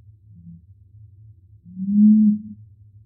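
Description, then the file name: Curassow song, a faint short low note followed by a long, resonant booming hum that swells and fades, with a constant low drone underneath. "Canto do mutum do norte"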